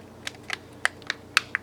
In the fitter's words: you can hear it clicking in